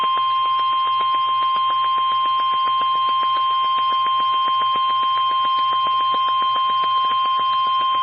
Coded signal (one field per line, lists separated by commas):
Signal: Emergency Alert System (SAME) tones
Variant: 1050 Hz attention tone